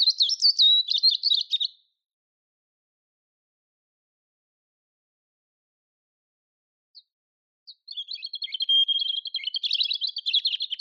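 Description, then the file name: European robin song in two bursts: a quick wavering warble at the start, a long silence, then a longer high twittering phrase with a sustained thin note. "Erithacus rubecula"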